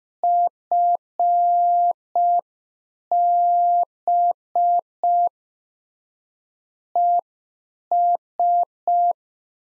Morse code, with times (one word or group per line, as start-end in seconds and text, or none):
0.2-5.3 FB
7.0-9.1 ES